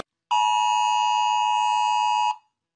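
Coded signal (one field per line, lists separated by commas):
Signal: Emergency Alert System (SAME) tones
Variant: 853 and 960 Hz attention tone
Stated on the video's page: Collection of alarm sounds made by others, not the uploader's recordings.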